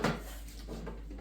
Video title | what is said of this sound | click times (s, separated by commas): Frosty's Projects - Home Vision TV Wall Mount | and snaps into place. It's on, and it snaps | 0.1 s